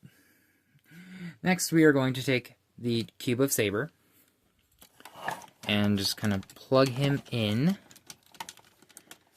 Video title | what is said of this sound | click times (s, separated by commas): LETS SAY GO Transformers MP 24 STAR SABER | It might be a little scary to hear the snapping, but that's just making sure he's securely in place. | 8.1 s, 8.4 s, 8.5 s, 9.0 s, 9.1 s